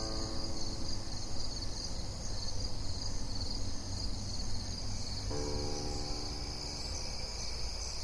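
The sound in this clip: Cricket chorus forms a continuous high buzzing shimmer, with faint sustained tones entering partway and a steady low rumble beneath.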